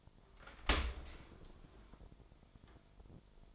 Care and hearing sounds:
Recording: daily activity, microphone in the room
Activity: open dishwasher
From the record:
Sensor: 5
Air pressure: 1003.2 hPa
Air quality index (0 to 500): 131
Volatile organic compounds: 1 ppm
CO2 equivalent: 958 ppm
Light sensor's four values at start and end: 94/227/96/110 and 90/217/92/104

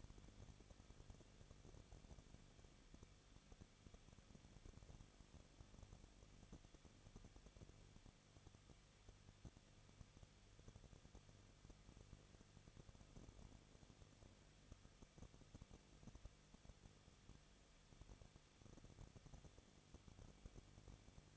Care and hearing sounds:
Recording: daily activity, microphone in the room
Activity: no activity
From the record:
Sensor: 4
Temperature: 23.0 degrees Celsius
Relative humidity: 34.1%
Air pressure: 1007.4 hPa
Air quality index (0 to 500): 212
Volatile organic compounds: 14 ppm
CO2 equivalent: 2440 ppm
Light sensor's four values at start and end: 2/3/1/1 and 2/3/1/1

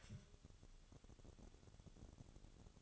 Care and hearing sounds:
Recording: daily activity, microphone in the room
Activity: take from stove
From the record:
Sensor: 4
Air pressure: 1008.9 hPa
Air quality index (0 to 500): 130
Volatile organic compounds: 1 ppm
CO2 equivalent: 947 ppm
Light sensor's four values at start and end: 11/24/9/9 and 11/24/9/9

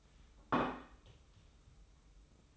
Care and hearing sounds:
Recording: daily activity, microphone in the room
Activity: place plate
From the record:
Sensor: 1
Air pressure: 990.8 hPa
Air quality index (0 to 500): 135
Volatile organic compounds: 510 ppm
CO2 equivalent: 4833 ppm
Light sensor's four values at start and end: 23/54/23/25 and 23/54/23/25

